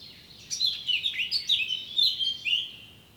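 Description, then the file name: Eurasian blackcap song: a continuous flowing phrase of bright, varied whistles, rising and dipping quickly. "Sylvia atricapilla"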